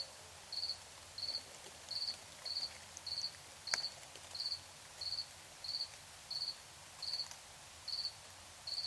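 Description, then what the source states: Cricket chirp, a high pulsed trill repeated evenly about every two-thirds of a second, with one sharp click and soft hiss. Crickets chirping at night in Tiny, Ontario.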